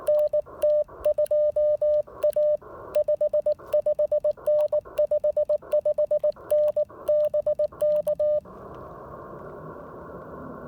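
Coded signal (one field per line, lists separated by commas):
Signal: Morse code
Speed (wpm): 19 wpm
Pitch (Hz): 600 Hz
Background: none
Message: NT2A 55N 55N BK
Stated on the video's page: Portable CW at a POTA activation with an Icom IC-705 and an Elecraft AX1 antenna.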